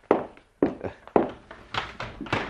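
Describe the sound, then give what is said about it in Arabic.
Someone knocks on a door: three loud, hollow thuds about half a second apart, then a few quicker, lighter knocks. No voices. “انتظر انتظر يا من تطرق الباب.”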